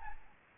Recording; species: mosquito wingbeat signal from an infrared sensor; Aedes albopictus